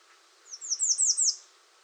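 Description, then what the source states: American redstart singing one short phrase of five quick, very high, downslurred notes that rise slightly in pitch and end abruptly. 21 June 2019.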